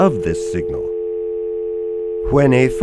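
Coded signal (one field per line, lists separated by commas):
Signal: telephone call progress tone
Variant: North America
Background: speech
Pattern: dial tone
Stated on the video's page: Tone from the LabVolt Series 8086 telephony training system.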